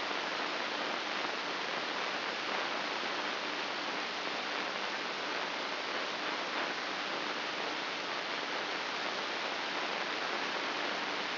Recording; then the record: brain microelectrode recording played as sound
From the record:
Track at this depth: inside the subthalamic nucleus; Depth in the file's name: 6.416 mm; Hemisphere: left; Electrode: 2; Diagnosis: Parkinson's disease